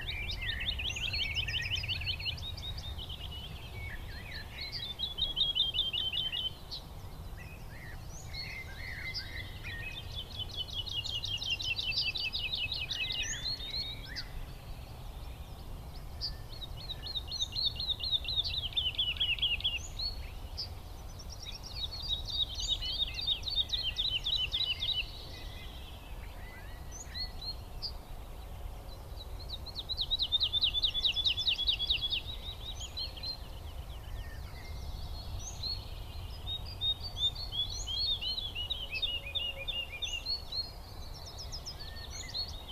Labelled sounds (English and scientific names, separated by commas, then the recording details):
Wood Lark (Lullula arborea) song
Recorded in the wild
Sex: male
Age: adult
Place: Schönow, Naturpark Barnim, Brandenburg, DE
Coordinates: 52.6938, 13.507
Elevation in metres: 68
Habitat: heath
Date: 2014-04-23 16:38
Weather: cloudy, 20°C, weak wind
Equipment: Sound Devices 702, Sennheiser MKH 70, Rycote Windschutz
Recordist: Frommolt, Karl-Heinz